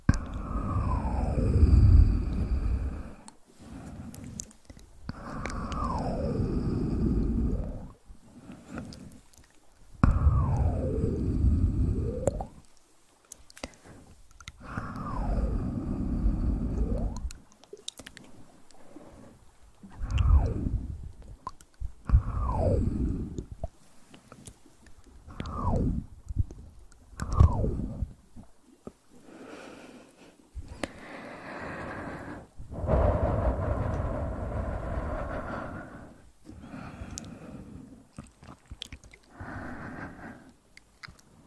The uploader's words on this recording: TimASMR - The Most Stimulating Ear Massage Trigger.